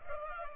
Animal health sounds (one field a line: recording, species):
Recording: mosquito wingbeat signal from an infrared sensor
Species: Culex pipiens